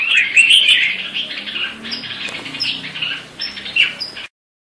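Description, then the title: Grey-cheeked bulbul giving harsh, scratchy chattering calls in a continuous run, with brief higher squeaky notes scattered through. Female bird. "Cucak Jenggot Betina"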